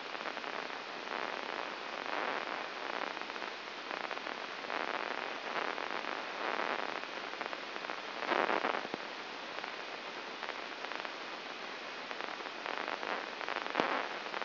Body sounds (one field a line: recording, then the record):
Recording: brain microelectrode recording played as sound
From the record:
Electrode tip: inside the subthalamic nucleus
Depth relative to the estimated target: -1 mm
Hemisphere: left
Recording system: AlphaMap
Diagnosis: Parkinson's disease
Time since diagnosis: 19 years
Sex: male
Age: 59 years